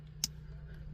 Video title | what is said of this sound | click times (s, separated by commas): LED Console Tutorial - 25 Raptor R | For the audible click there as well, doesn't move around. | 0.2 s